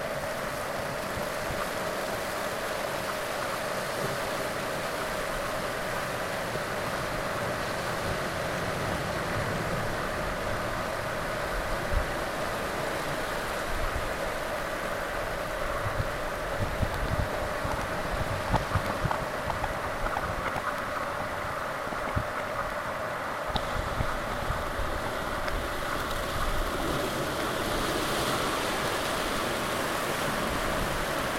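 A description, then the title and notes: Atlantic ocean sound as a steady, dense roar of surf, with washing hiss on top and a deep rumble underneath. The level holds even throughout, with small bursts of louder spray from about twelve seconds on and a slight brightening near twenty-seven seconds. Alantic ocean sound [jks' semi-solicited Zoom73 Re Amalgamix].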